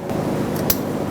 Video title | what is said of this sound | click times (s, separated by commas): How to Replace Fuel Pump 2008-2010 Ford F-250 (5.4L) | make sure they click and lock on | 0.7 s